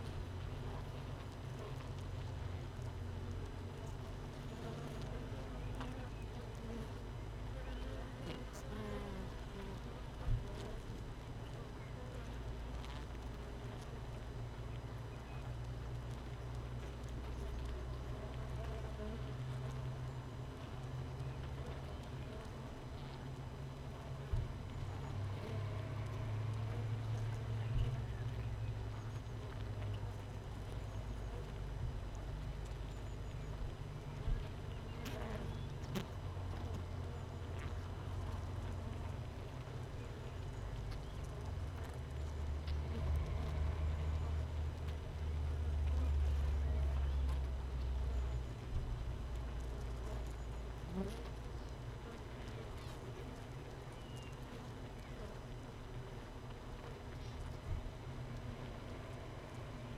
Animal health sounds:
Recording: honeybee colony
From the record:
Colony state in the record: missing queen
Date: 31 May 2018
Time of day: 15:35

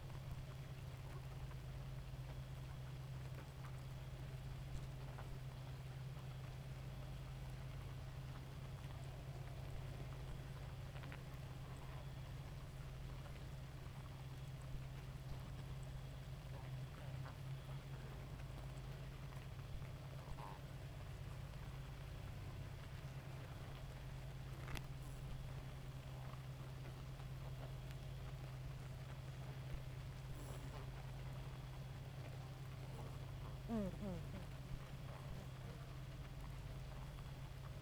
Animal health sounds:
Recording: honeybee colony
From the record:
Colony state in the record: active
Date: 28 July 2017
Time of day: 2:34

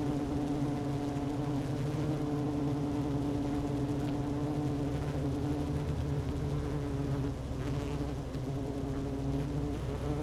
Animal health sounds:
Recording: honeybee colony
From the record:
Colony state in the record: active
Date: 12 June 2018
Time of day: 11:14

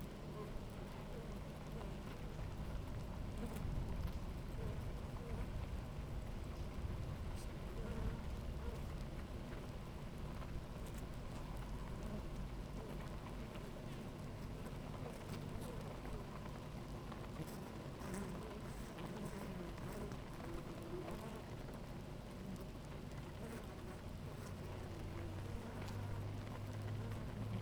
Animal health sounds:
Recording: honeybee colony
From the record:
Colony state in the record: active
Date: 28 July 2017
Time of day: 11:10

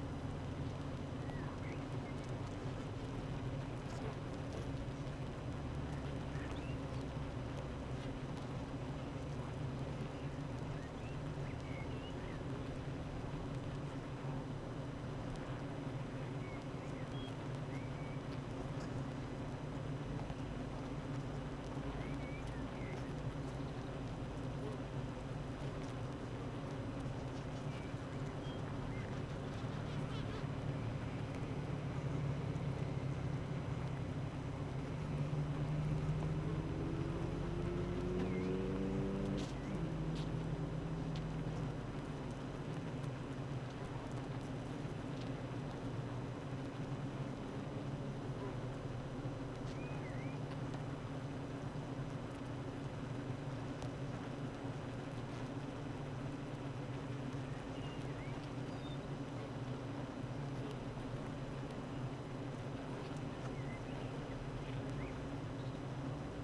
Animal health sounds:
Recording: honeybee colony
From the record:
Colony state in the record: active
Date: 12 June 2018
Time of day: 8:44

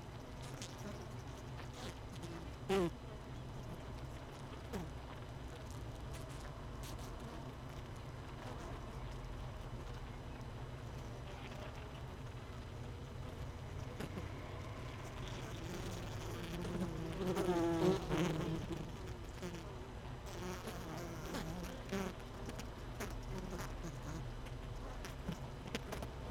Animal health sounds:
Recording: honeybee colony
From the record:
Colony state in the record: missing queen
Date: 31 May 2018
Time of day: 17:37

